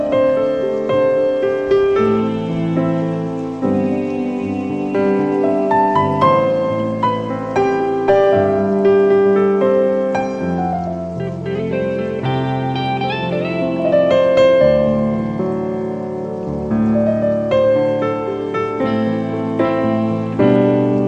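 Smooth jazz plays steadily, with a warm walking bass, soft chords and a bright melodic lead line weaving phrases at an even, relaxed pace.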